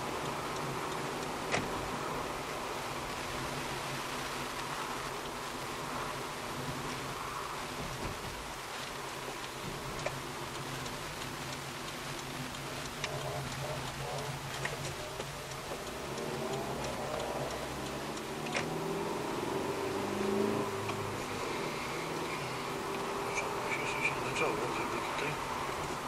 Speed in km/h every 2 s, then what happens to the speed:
47, 46, 43, 41, 39, 32, 24, 16, 26, 37, 45, 50, 52.
0-13 slows to 16. 14-26 speeds up to 52.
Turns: 12-17.